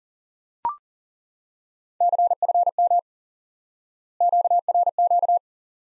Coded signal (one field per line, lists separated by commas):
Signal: Morse code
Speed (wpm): 40 wpm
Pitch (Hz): 700 Hz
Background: none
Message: CFM QRQ